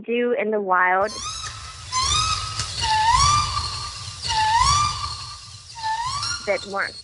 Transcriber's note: wild territorial call